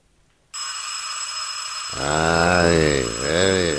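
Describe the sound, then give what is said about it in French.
A telephone bell bursts into a continuous, bright metallic ring that keeps going, and partway through a low, wavering human voice groans over it. “Ça remet ça. Ah, vivement que les PTT se décident à me couper la ligne.”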